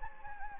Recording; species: mosquito wingbeat signal from an infrared sensor; Anopheles gambiae